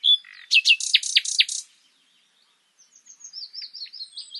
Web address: SETE Luscinia megarhynchos